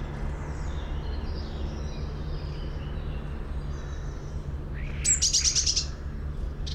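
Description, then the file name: Eurasian blue tit scolding call: a single short burst of thin high notes run into a rapid buzzy churr near the end, over steady low rumble and faint birdsong. "Cyanistes caeruleus"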